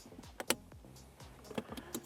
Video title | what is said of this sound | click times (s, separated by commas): USB CHARGER in Empty Slot near Shifter on PASSAT B6 | It's snapped into place. | 0.5 s